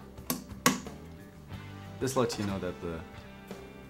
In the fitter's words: push the memory cards into place until they lock and you hear the click sound